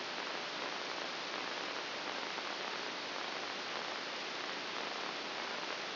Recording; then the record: brain microelectrode recording played as sound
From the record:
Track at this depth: inside the subthalamic nucleus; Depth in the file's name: 1.804 mm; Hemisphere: right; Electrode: 2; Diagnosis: Parkinson's disease